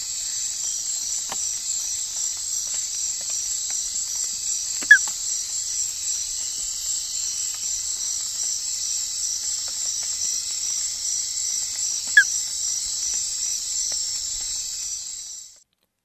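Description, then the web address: Synapturanus rabus frog giving brief whistled notes, two in total roughly seven seconds apart, against a steady shrill insect drone that cuts off at the end. Frog recorded in the Ecuadorian Amazon, South America. "Nature Songs S America Frogs of Ecuadorian Amazon Synapturanus rabus"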